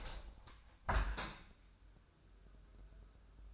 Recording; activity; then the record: daily activity, microphone in the room; open window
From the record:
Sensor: 2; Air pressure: 1014.8 hPa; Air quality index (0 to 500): 81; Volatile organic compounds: 2 ppm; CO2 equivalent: 1061 ppm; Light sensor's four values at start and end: 8/19/8/8 and 8/19/8/8